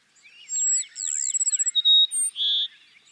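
Cassin's sparrow song: a thin high whistle, a rapid pulsing trill, then a few clear level whistles, the last lower and drawn out, over faint background chirps.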